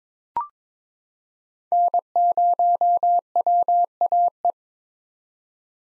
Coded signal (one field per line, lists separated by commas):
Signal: Morse code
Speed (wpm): 22 wpm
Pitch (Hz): 700 Hz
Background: none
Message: N0WAE